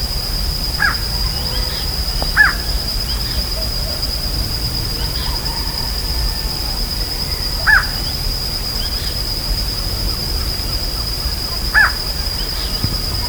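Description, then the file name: Bird giving harsh, crow-like caws, four single calls spaced a few seconds apart over a steady high whine and low rumbling background noise. "SABIOD 50 bird 2015"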